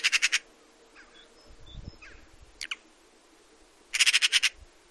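Eurasian magpie giving two dry, machine-gun chatters, one at the start and one near the end, with a couple of short harsh notes and a low rumble between them.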